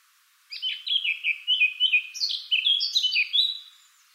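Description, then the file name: Eurasian blackcap song, a single continuous warbled phrase of rapid, fluty, varied notes lasting about three seconds. "Sylvia atricapilla"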